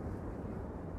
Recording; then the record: background sound without coughing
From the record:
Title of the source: Train Ride Ambience ambient white noise for sleeping, focus, studying, reading